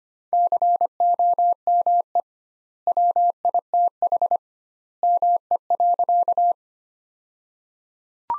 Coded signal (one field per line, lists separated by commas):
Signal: Morse code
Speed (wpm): 25 wpm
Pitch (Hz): 700 Hz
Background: none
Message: COME WITH ME.